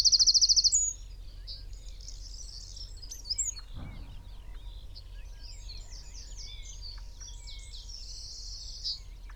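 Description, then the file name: Eurasian wren song: a loud, fast high trill at the start, then fainter rapid twittering notes and buzzy trills continuing over background noise. "Troglodytes troglodytes"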